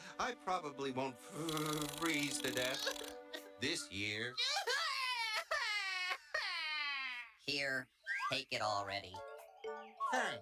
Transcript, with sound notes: I probably won't freeze to death this year. [sobbing]
Here, take it already.
Thanks.